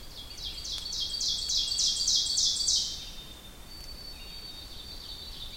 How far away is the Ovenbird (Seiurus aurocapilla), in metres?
about 25 m